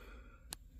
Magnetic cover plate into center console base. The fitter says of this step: they snap right in place.